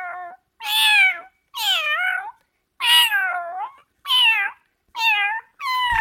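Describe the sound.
Cat meowing: several drawn-out, wavering meows in quick succession, with short silences between.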